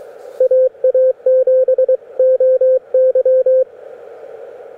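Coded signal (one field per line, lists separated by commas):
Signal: Morse code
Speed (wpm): 23 wpm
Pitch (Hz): 520 Hz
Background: radio noise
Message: AA7OY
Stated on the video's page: Morse from a Yaesu 857D on a test Summits On The Air activation.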